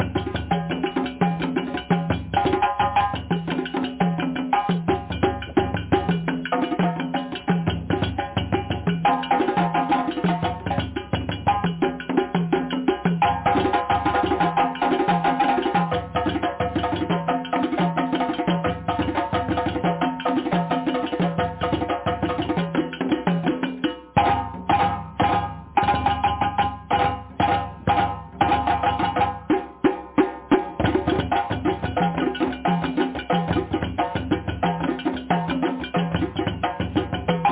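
Dense, loud drumming plays continuously, with a low thudding pulse that repeats in regular beats under a busy layer of mid-pitched hits and ringing tones. Around the middle, from about 24 to 30 seconds, the playing turns choppy with brief stuttering breaks before settling back. The sound is muffled, lacking crisp top end.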